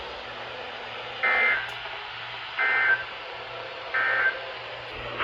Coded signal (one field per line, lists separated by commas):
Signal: Emergency Alert System (SAME) tones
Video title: It Just NEVER ENDS | Winter Storm Alerts from 1/4/25 (EAS #1460 - 1464)